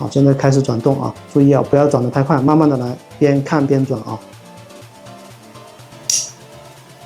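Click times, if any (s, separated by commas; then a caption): 6.1 s. A press tool is slowly turned against the metal shaft pin in a DJI Mini series drone gimbal arm while someone talks. After a quieter stretch, a sharp click at 6.1 s shows the pin has broken free and is starting to come out.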